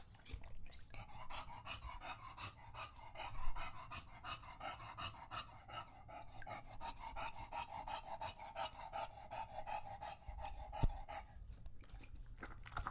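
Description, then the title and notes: English Bulldog panting heavily and steadily in fast, raspy breaths throughout, with one sharp click near the end. Male English Bulldog named Lucho drinking from a water bowl after a long walk, breathing heavily between drinks because he is out of breath from the walk and the long drinking. "English Bulldog Drinks from Water Bowl - Weird Sounds. listen to Lucho the English Bulldog as he tries to drink water after a long walk. Don't let his heavy breathing fool you in between drinks, he's equally out of breath from the walk"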